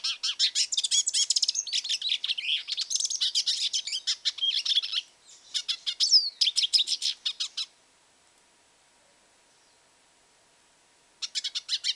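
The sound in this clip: Hooded siskin song: quick high twitters and buzzy trills for nearly eight seconds, a silent pause of a few seconds, then a short burst resumes.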